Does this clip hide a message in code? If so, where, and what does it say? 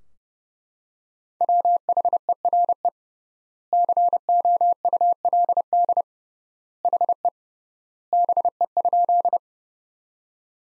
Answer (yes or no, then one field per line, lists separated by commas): yes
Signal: Morse code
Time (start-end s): 1.4-9.4 s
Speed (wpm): 32 wpm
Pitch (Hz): 700 Hz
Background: none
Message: WHERE COULD HE BE?